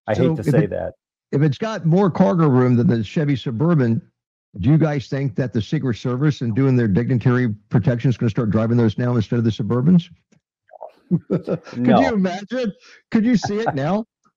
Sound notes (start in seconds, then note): 10.9 laughs; 13.3 laughs